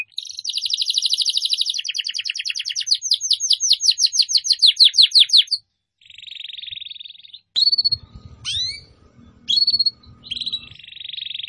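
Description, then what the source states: Atlantic canary song: rolling trills and rapid sweeping notes, a brief pause, a buzzy roll, then sharp whistled sweeps over a low background hum and another buzzy roll. Canary song used as a lure to attract birds.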